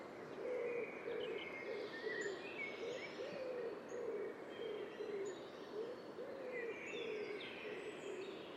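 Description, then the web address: Common wood pigeon cooing: soft, low hooted notes repeated steadily in a run throughout, while other birds chirp faintly at higher pitch. "cianscape. Deverinetal"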